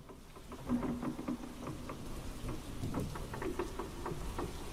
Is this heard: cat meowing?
no